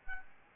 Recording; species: mosquito wingbeat signal from an infrared sensor; Aedes albopictus